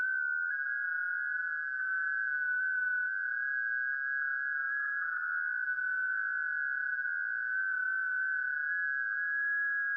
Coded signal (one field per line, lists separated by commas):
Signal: FT8